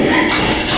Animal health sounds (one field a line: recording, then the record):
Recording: squeal of a Yucatan mini pig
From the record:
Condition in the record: before surgery on the right vocal fold (resection and tissue-engineered implant)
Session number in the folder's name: 2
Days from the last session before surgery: 0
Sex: male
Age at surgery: 12 weeks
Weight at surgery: 13 kg